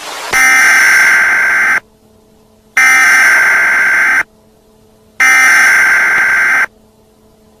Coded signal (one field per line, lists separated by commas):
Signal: Emergency Alert System (SAME) tones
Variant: header bursts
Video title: Nickelodeon EAS Hack - Thanksgiving 2004 (FAKE)